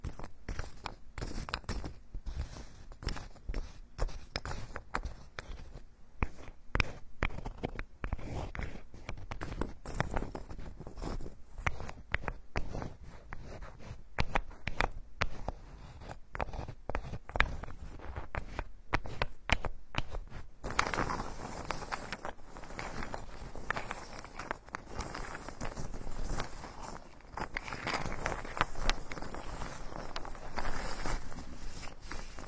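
Wooden tools tap the scalp in rapid, dense clicking for twenty seconds, then shift to steadier rubbing and scraping strokes until the end.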